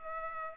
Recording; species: mosquito wingbeat signal from an infrared sensor; Culex pipiens